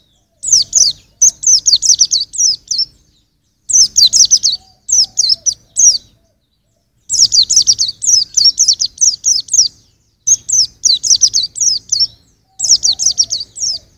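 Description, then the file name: White-eye giving lively, high-pitched twittering phrases of rapid slurred notes, several bursts separated by short silences. "suara burung pleci usro"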